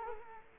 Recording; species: mosquito wingbeat signal from an infrared sensor; Culex quinquefasciatus